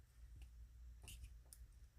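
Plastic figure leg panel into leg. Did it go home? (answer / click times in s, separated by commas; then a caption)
partly / 1.1 s, 1.5 s. The second plastic leg panel of a Transformers Studio Series 86 Swoop figure is folded down into the leg. Only faint clicks are heard at about 1.1 s and 1.5 s, and the panel locks only weakly, not as firmly as the other leg.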